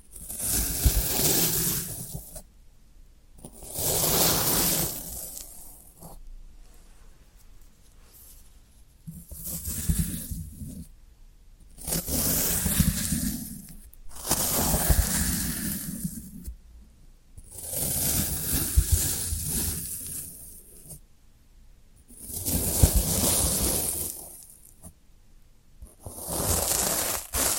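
Floral foam being handled, with repeated bursts of crumbly, hissing scratching that rise and fall every few seconds. Each burst is bright and gritty, lasting a second or two, separated by short near-silent pauses, with faint low thumps underneath.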